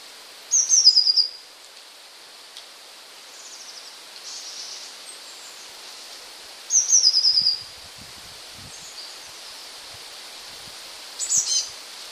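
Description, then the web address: Eurasian blue tit song, three short high phrases, each falling into a rapid trill, spaced a few seconds apart over faint background hiss. "wroblowe kolekcja modraszka"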